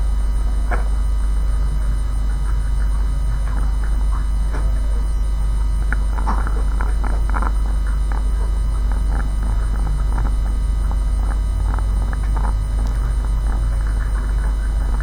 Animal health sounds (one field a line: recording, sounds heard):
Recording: poultry house recording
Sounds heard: sick chickens (respiratory disease)